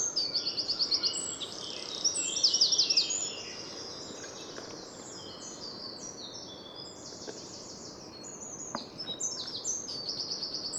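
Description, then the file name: Eurasian wren pouring out a quick, high-pitched run of trills and chattering notes at the start, then quieter fast twittering phrases against a constant hiss. "Troglodytes troglodytes"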